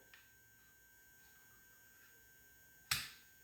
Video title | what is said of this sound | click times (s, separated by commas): Gen 4 Pro - Stabil-Rizer Clamping System Installation video Part #2 | and you heard it click it slides right in | 2.9 s